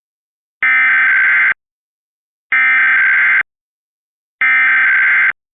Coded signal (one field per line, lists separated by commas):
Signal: Emergency Alert System (SAME) tones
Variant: header bursts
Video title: Xfinity TV - EAS RMT [July 5th, 2022 at 11:37 AM]